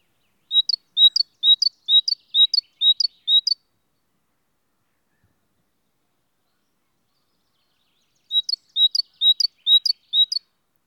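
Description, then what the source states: Great tit: a run of about seven sharp, high two-part notes, then a pause, then another similar series of quick notes; nothing else audible. Dated 240801.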